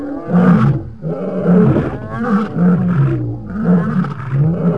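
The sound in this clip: Lion gives continuous deep, rumbling roars and growls, pulsing in rough waves about once a second without pause.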